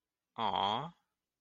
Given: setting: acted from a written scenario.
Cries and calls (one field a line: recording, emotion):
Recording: vocal sound without words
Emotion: sympathy